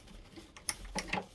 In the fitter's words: There you go. Stripped out. Look at that.